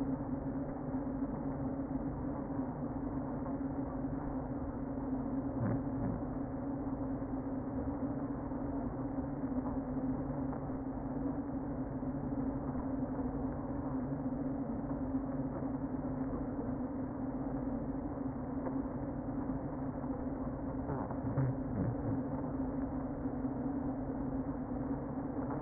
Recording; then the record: honeybee colony, microphone inside the hive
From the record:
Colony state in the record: queen present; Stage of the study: before two queens were removed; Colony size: about 60,000 bees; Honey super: yes